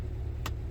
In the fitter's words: Make sure you hear the click